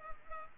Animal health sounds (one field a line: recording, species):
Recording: mosquito wingbeat signal from an infrared sensor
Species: Culex pipiens